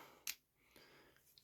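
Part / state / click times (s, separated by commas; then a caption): gear into reel body / seated / 0.3 s. A gear is refitted into a spinning reel body during reassembly and seats with a sharp, bright click at 0.3 s. Fainter small ticks and a soft rustle follow as the reel is handled.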